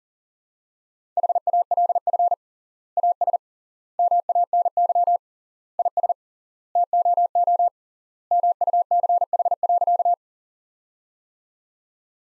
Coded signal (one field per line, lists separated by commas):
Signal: Morse code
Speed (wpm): 38 wpm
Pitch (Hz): 700 Hz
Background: none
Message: HALF AS MANY IS TOO MUCH.